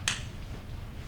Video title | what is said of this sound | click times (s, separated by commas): ARaymond Tinnerman Training (April 13, 2021) | snaps into place those legs as they're being pushed through that hole again the spring steel | 0.1 s